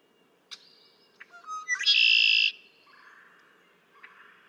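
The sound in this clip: Red-winged blackbird song: a sharp note, short whistles, then a loud buzzing trill, with softer trailing tones afterward.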